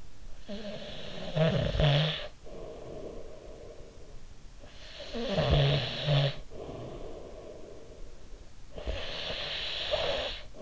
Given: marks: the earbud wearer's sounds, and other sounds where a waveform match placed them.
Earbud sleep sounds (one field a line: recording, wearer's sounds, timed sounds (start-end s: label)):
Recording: sounds in sleep by an in-ear microphone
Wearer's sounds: snoring breath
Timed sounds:
0.00-10.62 s: snoring breath